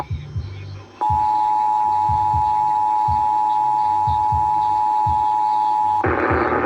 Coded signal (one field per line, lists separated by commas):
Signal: Emergency Alert System (SAME) tones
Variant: 853 and 960 Hz attention tone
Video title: Required Weekly Test on KDKA-AM #45 || 6/26/22 (EAS # 1164-1166)